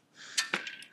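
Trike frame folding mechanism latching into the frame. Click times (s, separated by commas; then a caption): 0.5 s. While an electric trike is being unfolded, its metal folding mechanism is pulled up into the frame until it latches. A sharp metallic hit rings out at 0.5 s, with a similar hit just before it and lighter metallic taps after. The latch clicks into place and the mechanism is seated.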